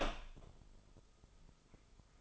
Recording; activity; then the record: daily activity, microphone in the room; open door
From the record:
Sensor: 5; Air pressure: 996.3 hPa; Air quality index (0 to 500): 51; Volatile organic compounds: 1 ppm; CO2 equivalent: 839 ppm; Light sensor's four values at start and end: 42/99/41/43 and 42/98/41/43